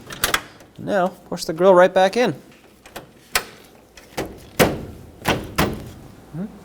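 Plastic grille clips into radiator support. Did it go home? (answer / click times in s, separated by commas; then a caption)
yes / 3.4 s, 5.6 s. Someone talks while the grille of a 1995–2004 Toyota Tacoma, fitted with new plastic mounting clips, is pushed back onto the truck's radiator support. The clips snap home with sharp clicks at 3.4 s and 5.6 s, and the grille is seated.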